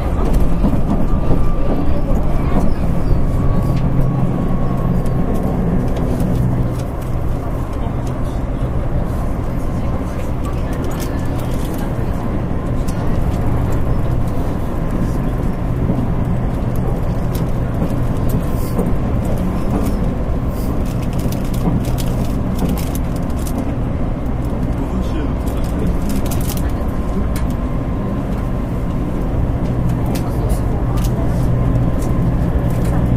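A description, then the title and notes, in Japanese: A Nankai 50000 series train runs with a steady low rumble and rattling clatter, a faint whine near the start and occasional voices. 南海電鉄 ラピートβ りんくうタウンから難波まで。南海電気鉄道50000系電車の走行音です。空港線・南海線の特急列車 ラピートβにて収録しました。区間は、りんくうタウンから難波までです。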